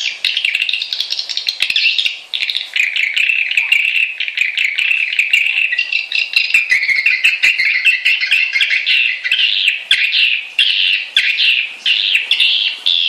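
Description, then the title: Swiftlet chirping calls, a dense stream of rapid high twittering chirps overlapping continuously, with occasional sharp clicks throughout. Swiftlet lure call used to attract birds, from Kalimantan. "undang burung walet. Suara Walet Kalimantan"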